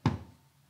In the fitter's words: you hear that little clunk I thought that was actually closed and it feels like it's closed